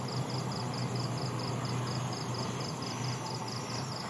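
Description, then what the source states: Steady rhythmic cricket pulses, high and evenly spaced, with a low droning engine noise underneath. Night insects recorded at night in Vietnam, with distant industrial construction.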